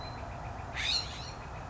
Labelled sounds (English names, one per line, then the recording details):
Northern Flicker
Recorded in Sonoma County, California